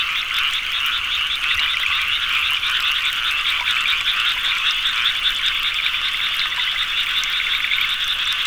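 Frog chorus, dense overlapping pulsed calls creating a steady high rattling hum with no breaks.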